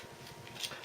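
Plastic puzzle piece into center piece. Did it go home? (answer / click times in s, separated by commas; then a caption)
no / none. A 3D-printed plastic puzzle piece is fitted into the center piece, with faint low background noise, a soft tick at 0.5 s and a brief bright scrape around 0.6 s. The piece sits loose and nothing has snapped or clicked into place.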